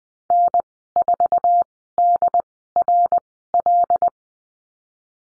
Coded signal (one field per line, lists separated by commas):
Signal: Morse code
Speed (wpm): 20 wpm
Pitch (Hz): 700 Hz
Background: none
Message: N4DRL